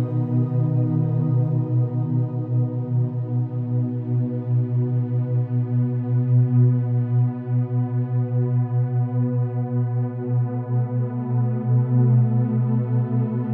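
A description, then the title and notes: Ambient music with binaural theta waves: a steady, low droning chord with a gentle pulsing throb, unchanging throughout, nothing above a soft mid range. Binaural Beats Theta Waves - Ambient Music with Binaural Theta Waves.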